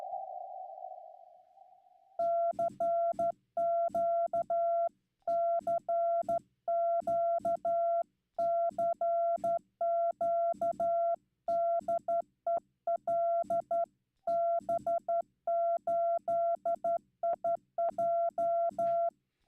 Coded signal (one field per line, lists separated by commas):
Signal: Morse code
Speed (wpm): 12 wpm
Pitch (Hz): 680 Hz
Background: none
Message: CQ CQ CQ DE LB8IJ